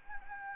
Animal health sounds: mosquito wingbeat signal from an infrared sensor; Anopheles gambiae

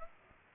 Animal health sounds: mosquito wingbeat signal from an infrared sensor; Culex pipiens

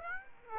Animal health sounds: mosquito wingbeat signal from an infrared sensor; Aedes aegypti

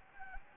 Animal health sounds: mosquito wingbeat signal from an infrared sensor; Anopheles gambiae

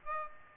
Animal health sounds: mosquito wingbeat signal from an infrared sensor; Aedes aegypti

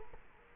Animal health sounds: mosquito wingbeat signal from an infrared sensor; Culex quinquefasciatus

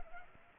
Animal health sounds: mosquito wingbeat signal from an infrared sensor; Culex pipiens

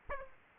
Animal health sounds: mosquito wingbeat signal from an infrared sensor; Aedes aegypti

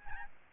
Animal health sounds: mosquito wingbeat signal from an infrared sensor; Aedes albopictus

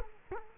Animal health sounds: mosquito wingbeat signal from an infrared sensor; Culex quinquefasciatus

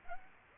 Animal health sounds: mosquito wingbeat signal from an infrared sensor; Aedes aegypti

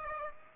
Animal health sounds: mosquito wingbeat signal from an infrared sensor; Aedes aegypti

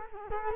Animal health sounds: mosquito wingbeat signal from an infrared sensor; Culex quinquefasciatus

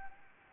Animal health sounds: mosquito wingbeat signal from an infrared sensor; Anopheles gambiae

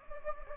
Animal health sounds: mosquito wingbeat signal from an infrared sensor; Anopheles gambiae

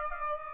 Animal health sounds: mosquito wingbeat signal from an infrared sensor; Aedes aegypti

